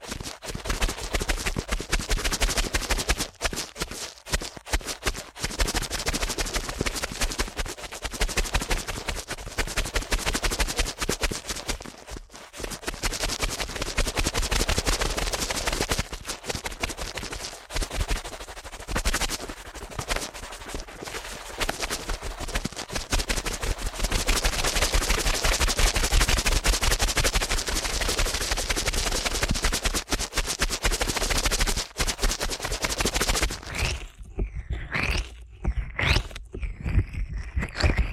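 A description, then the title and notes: Ear cleaning rattles along as dense, rapid scratching and crackling, nearly nonstop for about 34 seconds, then breaks into sparser, uneven scrapes. ASMR Ear Cleaning at Helicopter Speed.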